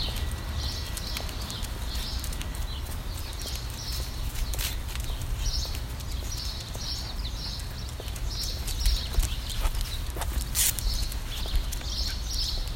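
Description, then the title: Bird chirping in short high bursts, with a droning low hum and scattered sharp clicks. "Birds Chirping Meditation"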